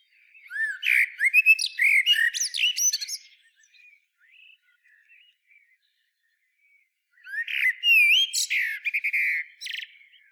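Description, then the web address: Common blackbird song: two rich warbled phrases, each with fluty whistles and squeaky high flourishes, separated by about four seconds of near-silence with faint notes. "SETE data Turdus merula"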